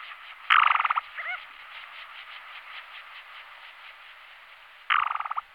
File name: Stepokur pisecny Pterocles orientalis